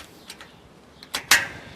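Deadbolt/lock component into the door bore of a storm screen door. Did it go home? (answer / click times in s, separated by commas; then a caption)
yes / 1.3 s. A deadbolt or lock component for a Schlage lock is slid through the hole toward the top of a Gate House Security storm screen door and pressed in. A lighter knock at about 1.1 s is followed by a sharp snap at 1.3 s as the part seats into place.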